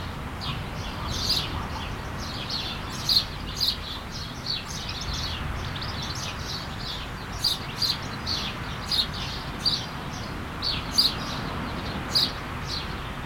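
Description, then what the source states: High bird chirps come scattered throughout while a continuous broad rushing sound fills the background. At the coast.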